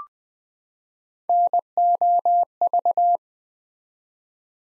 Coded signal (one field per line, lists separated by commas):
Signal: Morse code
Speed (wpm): 20 wpm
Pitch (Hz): 700 Hz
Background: none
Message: NOV